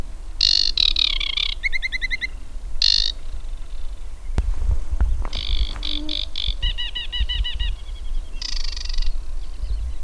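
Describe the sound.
Aquatic warbler song of scratchy chattering bursts and clear repeated trilled notes, coming in quick phrases with brief gaps, against a constant low rumble.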